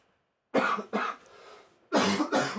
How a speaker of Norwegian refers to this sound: Den hosten.